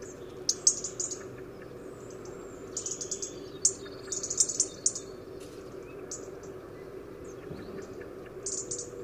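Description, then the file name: European robin making short, high, clicking tick notes in irregular groups against a constant low hum. "Erithacus rubecula"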